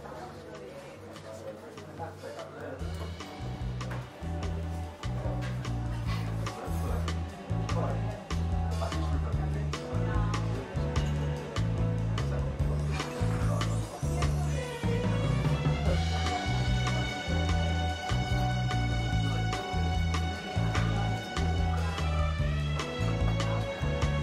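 Seaside cafe ambience dominated by music: a steady bass line pulses in an even, repeating pattern throughout, with sustained notes above that brighten after about 15 seconds. Murmured talk and scattered clinks of dishes and cutlery sit underneath.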